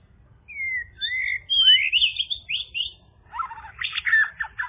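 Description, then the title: Java sparrow singing a series of smooth, whistled slurs that rise and fall, then breaking into harsher, rattling, bell-like notes. "kicau gelatik"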